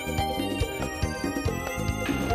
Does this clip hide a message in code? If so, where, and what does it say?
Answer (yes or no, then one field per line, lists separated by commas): no